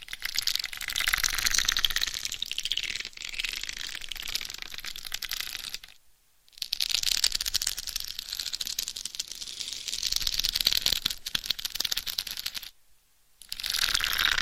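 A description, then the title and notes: Bright scratching on a head and scalp, dense and rasping, with two brief silent pauses near six and thirteen seconds. ASMR Binaural Head Mic Scratching INTENSE Head & Scalp Massage for 100% Sleep No Talking.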